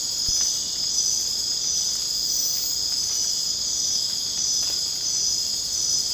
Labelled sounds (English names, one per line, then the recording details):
none
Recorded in secondary vegetation near Puerto Asís, Putumayo, Colombia, on 27 June 2025 at 22:30
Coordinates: 0.484, -76.319
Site G074